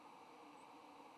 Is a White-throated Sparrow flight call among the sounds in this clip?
no